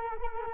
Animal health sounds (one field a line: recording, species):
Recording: mosquito wingbeat signal from an infrared sensor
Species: Culex quinquefasciatus